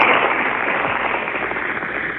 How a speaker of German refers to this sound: Gerne einen Applaus.